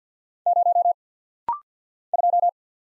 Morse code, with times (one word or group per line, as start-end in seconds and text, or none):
0.5-0.9 0
2.1-2.5 2